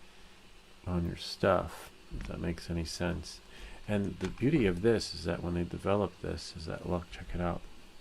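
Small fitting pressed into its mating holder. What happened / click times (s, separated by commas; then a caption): Handled, part not yet seated / none. A small fitting is handled next to its mating holder while someone talks throughout, with no sharp hits or other distinct sounds. The part has not yet been pressed home, so nothing has seated or clicked yet.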